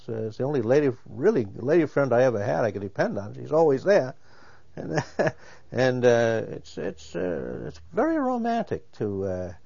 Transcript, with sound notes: It's the only lady, really, lady friend I ever had I could depend on, she's always there. (He laughs.) And, uh, it's, uh, very romantic to, uh,